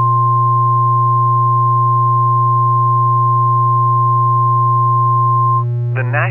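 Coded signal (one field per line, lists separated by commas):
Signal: Emergency Alert System (SAME) tones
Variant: 1050 Hz attention tone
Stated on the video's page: Simulated EAS mock tornado drill for a fictional district.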